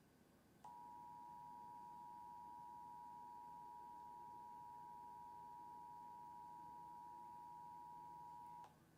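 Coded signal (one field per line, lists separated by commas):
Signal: Emergency Alert System (SAME) tones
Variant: 853 and 960 Hz attention tone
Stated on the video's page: Weekly test aired live on an internet radio station.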